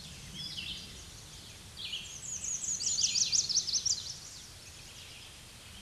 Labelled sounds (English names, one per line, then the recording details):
Red-eyed Vireo song
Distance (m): 25 m
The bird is about 10 m above the microphone
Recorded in a Pennsylvania forest on 16 May 2024 at 08:50
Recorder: AudioMoth, point MSD-2376
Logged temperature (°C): 16.7 °C
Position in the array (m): 138 m, 19 m